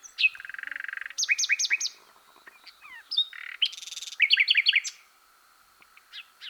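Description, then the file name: Common nightingale song of varied phrases: a buzzy rattle, rapid repeated notes, a harsh burst and a quick repeated trill. "Luscinia megarhynchos"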